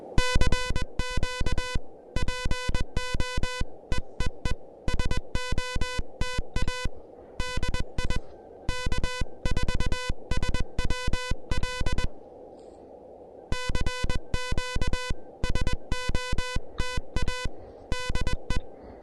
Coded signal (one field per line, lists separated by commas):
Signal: Morse code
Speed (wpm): 21 wpm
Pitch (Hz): 1000 Hz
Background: music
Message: CQ PO EEE SOTA DI K4SWL CQ SOTA DE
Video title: The Elecraft KH1: My first SOTA activation with this new handheld QRP transceiver!